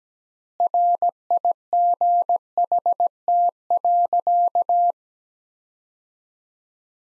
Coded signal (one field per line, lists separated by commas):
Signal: Morse code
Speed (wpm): 17 wpm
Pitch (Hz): 700 Hz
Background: none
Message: RIGHT.